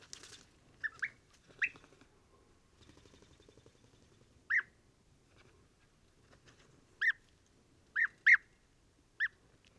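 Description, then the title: European bee-eater calls, spaced single rolling notes with clear harmonics, a few scattered clicks and faint rustling between them. Pre-migration roost in a very large acacia, birds gathering in the evening to sleep and waking in the morning; Mayateg oasis, Adrar, Mauritania, 22 February 2019; Tlp7 and Mixpre 3. "Dortoir de Guêpier d'Europe - Mauritanie"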